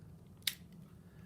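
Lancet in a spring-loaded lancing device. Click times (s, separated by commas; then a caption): 0.5 s. A blue lancet button is pushed on a plastic lancing device held against a fingertip, and the spring-loaded lancet fires with a single sharp, bright click at 0.5 s over a low background hum. The lancet is released, and the device has fired.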